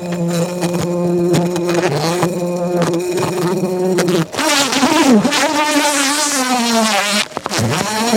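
Bumblebee buzzing low and steady, then rising and swooping in pitch, with two short breaks in the drone.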